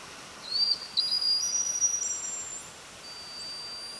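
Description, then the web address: White-beaked dolphin flat whistles: long, steady high tones holding level pitch, stepping between a few set pitches, with faint overlapping whistles over a hissing background. White-beaked dolphins recorded in Skjálfandi Bay, Iceland; flat whistles. "whales of skjalfandi bay"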